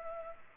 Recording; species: mosquito wingbeat signal from an infrared sensor; Culex pipiens